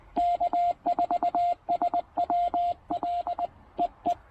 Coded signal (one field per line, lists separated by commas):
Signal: Morse code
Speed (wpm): 20 wpm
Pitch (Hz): 700 Hz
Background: radio noise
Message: K4SWL EE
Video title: Importance of Quality Feedline and QRP POTA Activation at Tuttle Educational State Forest!